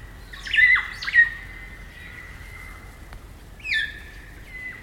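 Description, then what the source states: Kaka song: harsh squawking phrases with downslurred notes, then a long steady whistled tone, followed by more squawks near the end. Kakas, a large parrot species, singing an eerie dusk chorus in late spring at Karori Sanctuary near Wellington, New Zealand.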